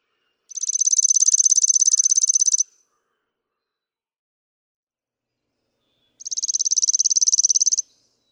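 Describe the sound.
Chipping sparrow singing two dry, even trills of rapid identical high chips, the first about two seconds long and the second about one and a half seconds, with silence between.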